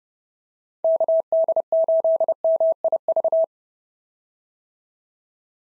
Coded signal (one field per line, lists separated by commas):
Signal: Morse code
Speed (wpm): 30 wpm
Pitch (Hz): 650 Hz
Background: none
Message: KD8MIV